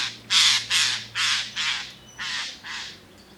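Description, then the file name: Eurasian jay calling in a quick run of six hoarse, grating screeches, roughly two per second, growing gradually weaker. "Garrulus glandarius"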